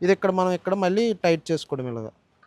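A white water hose quick-connect coupling is handled at the inlet of a Shakti Technology S3 pressure washer while someone talks through most of the clip. A faint, brief sound comes near the end after the speech stops, but the coupling has not seated or locked yet.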